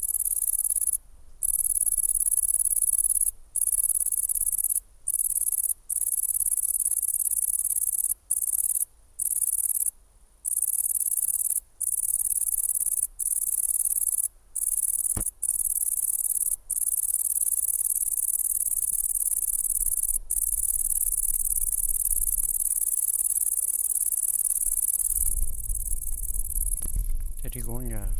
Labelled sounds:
Great Green Bush-cricket stridulation

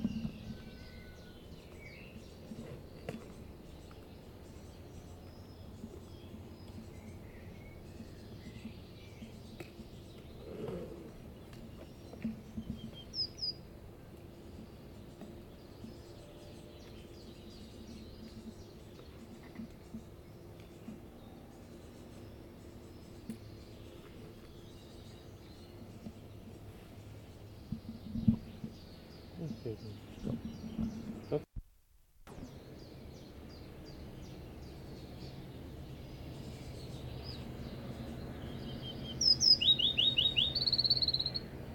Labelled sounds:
Willow Warbler

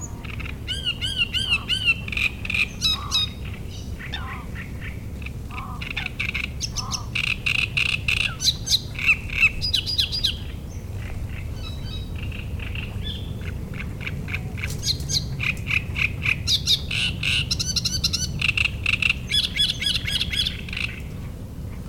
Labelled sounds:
Great Reed Warbler

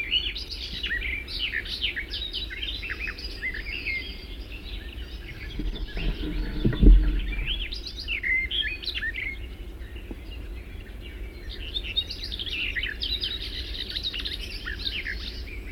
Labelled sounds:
Barred Warbler song

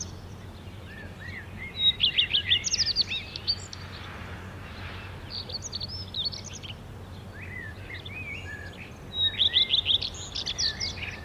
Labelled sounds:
Common Redstart song

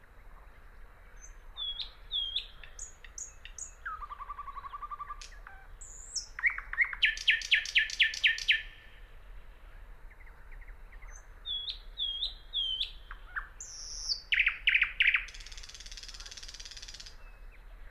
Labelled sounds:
Thrush Nightingale song

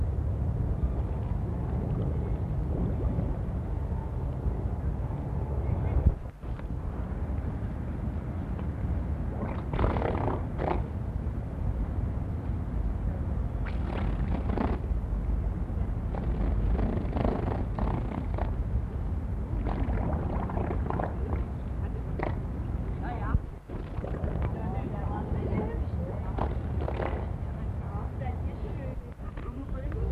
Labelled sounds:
Harbor Seal

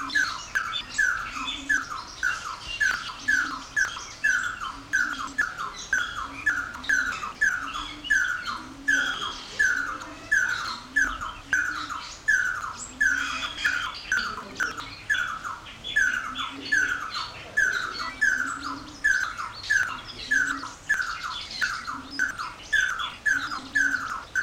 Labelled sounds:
Red-and-yellow Barbet call

